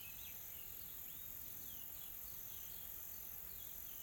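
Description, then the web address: Insects sustain a high, even hiss, with frequent soft sliding chirps. Calm, soft insect ambience recorded in a tropical forest in South Africa. "Smart Sound FX - Nature South Africa AMBIENCE Additional Tropical Forest Soft Insects Calm"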